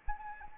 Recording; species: mosquito wingbeat signal from an infrared sensor; Anopheles arabiensis